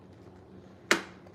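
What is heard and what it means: A brown plastic building brick is pressed onto a brick model with care, since brown bricks tend to crack. Faint low background noise is broken by one sharp, bright snap at 0.9 s that fades over about a tenth of a second. The brick seats with a good, crisp snap.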